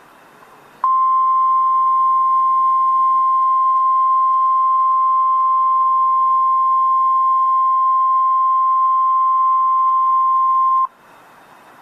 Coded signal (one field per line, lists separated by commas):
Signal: Emergency Alert System (SAME) tones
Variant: 1050 Hz attention tone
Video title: Tornado Watch 186 | EAS - NOAA Weather Radio (5/19/2013)